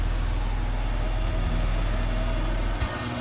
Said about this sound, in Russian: По дороге едет грузовая машина.